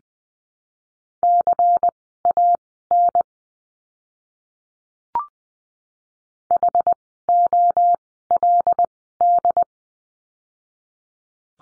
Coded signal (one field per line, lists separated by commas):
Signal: Morse code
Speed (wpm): 20 wpm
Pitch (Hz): 700 Hz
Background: none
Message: CAN HOLD